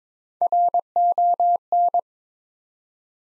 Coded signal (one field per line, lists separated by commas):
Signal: Morse code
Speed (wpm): 22 wpm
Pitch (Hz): 700 Hz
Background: none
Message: RON